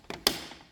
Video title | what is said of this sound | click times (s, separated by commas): How to Upgrade Headlights on a Ford Focus Mk2 (2006 UK) | You hear the when you hear the pop | 0.3 s